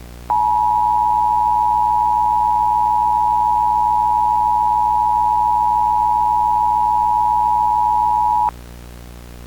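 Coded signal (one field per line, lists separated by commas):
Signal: Emergency Alert System (SAME) tones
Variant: 853 and 960 Hz attention tone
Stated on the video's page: Homemade simulated EAS mini scenario for a Civil Danger Advisory.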